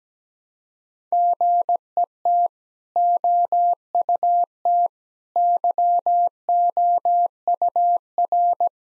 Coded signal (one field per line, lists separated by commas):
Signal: Morse code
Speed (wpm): 17 wpm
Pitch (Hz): 700 Hz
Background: none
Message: GET OUT YOUR